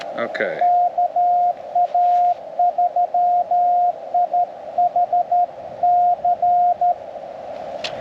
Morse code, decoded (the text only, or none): KA3IHC